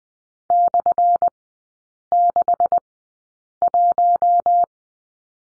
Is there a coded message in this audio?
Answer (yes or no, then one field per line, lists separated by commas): yes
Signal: Morse code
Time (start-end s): 0.5-4.6 s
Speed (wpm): 20 wpm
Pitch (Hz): 700 Hz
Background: none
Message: /61